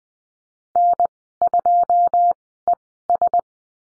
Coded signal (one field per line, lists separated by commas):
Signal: Morse code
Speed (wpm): 20 wpm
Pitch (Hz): 700 Hz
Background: none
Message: N2ES